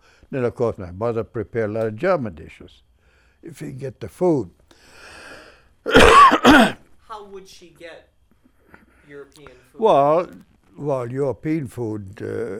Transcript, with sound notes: Then, of course, my mother prepared a lot of German dishes. If you can get the food. (he coughs)
How would she get European food?
Well, well, European food.